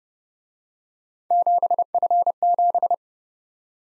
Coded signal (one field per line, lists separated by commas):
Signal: Morse code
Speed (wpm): 29 wpm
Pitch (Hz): 700 Hz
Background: none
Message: 7F7